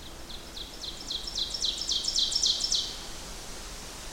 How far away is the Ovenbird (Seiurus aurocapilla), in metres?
about 25 m